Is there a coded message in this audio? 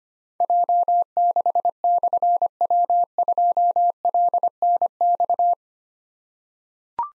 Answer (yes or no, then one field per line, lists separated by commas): yes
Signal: Morse code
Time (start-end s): 0.4-5.5 s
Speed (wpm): 25 wpm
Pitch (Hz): 700 Hz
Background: none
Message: J6/W2LNX